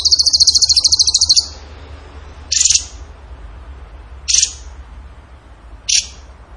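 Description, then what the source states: Bird gives one rapid high trill, then three short sharp chip-like bursts spaced roughly one and a half seconds apart. Masteran (training recording) of a bird singing in the tembakan gacor style.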